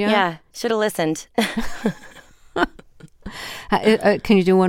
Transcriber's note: laughter